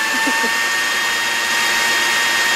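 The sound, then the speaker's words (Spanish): An electric blender whirs steadily and loudly, a continuous high motor drone with a thin whine that holds constant throughout, with no pauses or changes in speed. “Bueno, vamos a la licuadora a tirar el último.”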